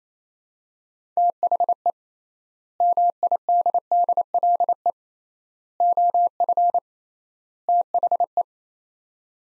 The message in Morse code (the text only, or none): THE MIDDLE OF THE